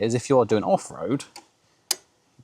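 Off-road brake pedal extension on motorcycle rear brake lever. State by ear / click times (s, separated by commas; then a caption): seated / 1.9 s. Someone talks, then the adjustable off-road step on the rear brake pedal of a BMW F900GS motorcycle is pulled toward the rear of the bike and snaps down into its raised position with a sharp metal click at 1.9 s, followed by a faint tick near the end. The riser is seated, raising the brake so a standing rider's foot doesn't have to reach further down.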